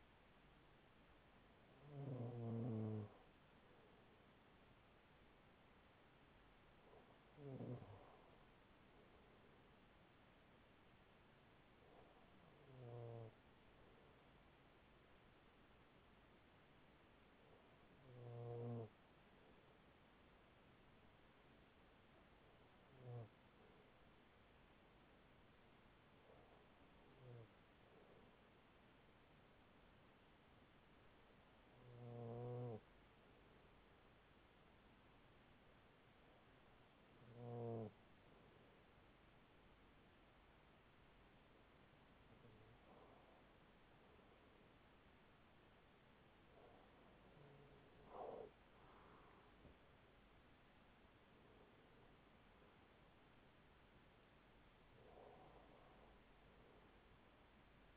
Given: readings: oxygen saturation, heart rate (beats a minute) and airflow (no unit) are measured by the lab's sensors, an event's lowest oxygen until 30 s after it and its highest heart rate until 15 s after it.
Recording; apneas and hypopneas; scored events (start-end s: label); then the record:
breathing in sleep by a voice recorder at the bedside; 1
26.00-46.50 s: hypopnea (N2, oxygen 95% highest, then 94% lowest, heart rate 39 at the start, 44 highest)
From the record:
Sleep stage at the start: N2 (light sleep); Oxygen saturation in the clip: 94 to 95%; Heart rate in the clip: 39 to 44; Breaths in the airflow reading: 12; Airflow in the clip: -7.9 to 8.4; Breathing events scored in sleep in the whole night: 207 in 7.6 hours asleep